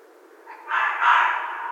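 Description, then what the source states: Red fox giving a hoarse rising cry in two surges, raw and noisy, still sounding at the end. Recorded 14 January 2012.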